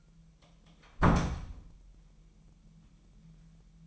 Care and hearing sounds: daily activity, microphone in the room; close door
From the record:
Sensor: 1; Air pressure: 998.5 hPa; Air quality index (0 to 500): 130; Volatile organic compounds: 4 ppm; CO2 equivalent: 1561 ppm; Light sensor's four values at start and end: 19/62/25/25 and 19/62/25/26

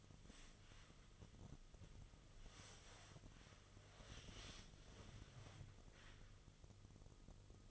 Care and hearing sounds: daily activity, microphone in the room; wipe stove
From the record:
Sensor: 4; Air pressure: 1005.7 hPa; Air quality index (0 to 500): 109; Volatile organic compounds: 3 ppm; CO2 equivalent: 1355 ppm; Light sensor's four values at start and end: 12/28/11/11 and 12/27/10/10

